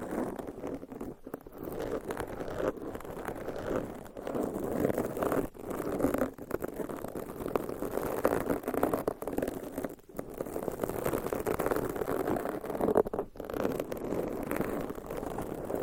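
Long nails scratch and rub directly across a microphone, continuous, with a dense, scraping texture. The sound stays fairly steady in loudness but pulses in uneven strokes, broken by brief near-silent gaps around one, four, six, ten and thirteen seconds. No voice is heard.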